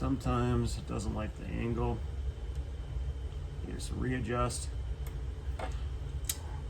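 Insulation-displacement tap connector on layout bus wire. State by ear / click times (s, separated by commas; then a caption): seated / 6.3 s. An insulation-displacement tap connector on a layout bus wire is squeezed again with pliers after its angle is readjusted, because it sometimes doesn't like the angle. Someone talks over a low steady hum, then a few small ticks follow. A sharp, faint click at 6.3 s marks the connector clicking shut.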